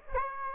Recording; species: mosquito wingbeat signal from an infrared sensor; Aedes aegypti